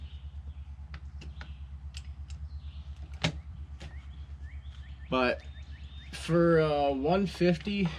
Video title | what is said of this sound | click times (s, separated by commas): UTG Red dot and Magifier Combo Review!!! | pull it back and you'll hear the little click | 3.2 s